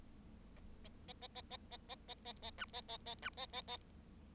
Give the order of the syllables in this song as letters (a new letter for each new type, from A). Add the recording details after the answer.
A A A A A A A A A A A B A A A B A A A. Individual Bird7